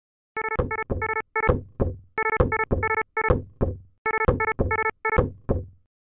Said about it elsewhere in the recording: For a cardiovascular alarm, we've embedded a lub-dub sound like a beating heart. So when you hear an alarm and you hear that lub-dub, you know it's a cardiovascular problem. There's a heart involved here. Exactly. So it could be heart rate or blood pressure.